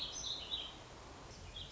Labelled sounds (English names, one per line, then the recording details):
Warbling Vireo
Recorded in Sonoma County, California